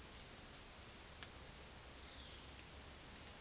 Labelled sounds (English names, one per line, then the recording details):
Violaceous Jay
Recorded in secondary vegetation near Puerto Asís, Putumayo, Colombia, on 25 June 2025
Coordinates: 0.488, -76.319
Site G094